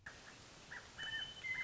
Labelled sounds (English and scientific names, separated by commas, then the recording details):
Western Meadowlark (Sturnella neglecta)
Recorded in Sonoma County, California